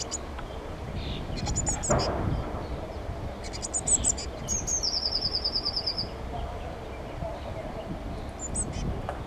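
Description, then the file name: Eurasian blue tit giving high thin note clusters, then a fast buzzy descending trill lasting about a second and a half, with low background rumble. "Cyanistes caeruleus"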